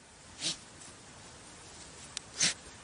The sneezes happen when one of the dogs rallies the pack to go hunting.